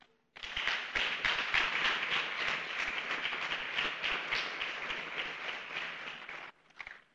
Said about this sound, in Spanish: Dale un aplauso al Rey.